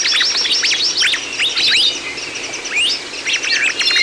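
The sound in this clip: Birds chirping in quick sweeping notes, many rapid calls and whistles overlapping.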